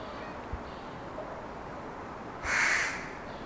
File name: Corvus corone